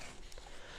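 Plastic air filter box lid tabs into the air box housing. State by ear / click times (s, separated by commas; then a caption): not seated / none. Handling of the plastic air filter box lid on a 2001–2010 Dodge Caravan 3.3L V6: with the rear tabs already slotted into the air box housing, the lid is pressed down on the front side to lock its tabs. Steady broadband handling noise is heard with a brief sharp sound at 0.3 s. Nothing has seated or clicked yet.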